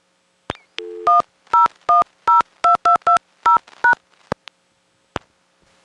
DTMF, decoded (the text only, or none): 10102220#